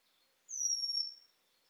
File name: feherfeju villasrigo hangja